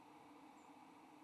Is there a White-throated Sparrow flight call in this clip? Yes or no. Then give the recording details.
yes. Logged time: 04:20 on 29 November 2014